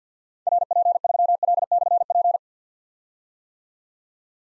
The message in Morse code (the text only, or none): RP3L/P